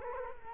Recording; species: mosquito wingbeat signal from an infrared sensor; Culex quinquefasciatus